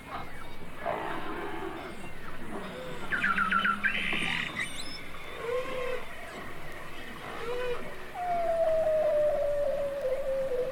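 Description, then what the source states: Beluga whale calls: crackling pulsed bursts and short chirps, small squeaky swoops, then a long whistle gliding slowly downward at the end, all over low rumble. Arctic beluga whales, from a 1970 whale songs recording.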